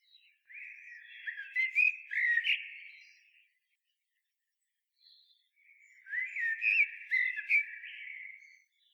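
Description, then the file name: Common blackbird song: two rich whistled phrases a couple of seconds apart, each with high, sharp twittering notes. "Turdus merula"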